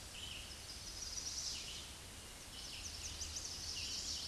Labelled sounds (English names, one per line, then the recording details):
Chestnut-sided Warbler song
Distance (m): 20 m
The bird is about 5 m below the microphone
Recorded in a Pennsylvania forest on 16 May 2024 at 08:04
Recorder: AudioMoth, point MSD-2166
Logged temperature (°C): 16.3 °C
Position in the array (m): 129 m, 8 m